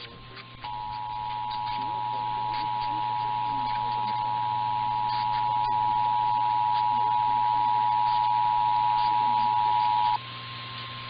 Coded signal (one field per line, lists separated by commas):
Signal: Emergency Alert System (SAME) tones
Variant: 853 and 960 Hz attention tone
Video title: 2 Monthlies And A Weekly Test (EAS #16233-16235) 2/20/24